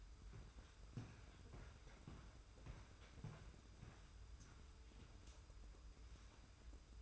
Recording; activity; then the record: daily activity, microphone in the room; walk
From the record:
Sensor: 2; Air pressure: 990.6 hPa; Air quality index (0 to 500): 178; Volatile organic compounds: 1000 ppm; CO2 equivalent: 5670 ppm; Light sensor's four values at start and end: 29/68/28/28 and 29/69/28/28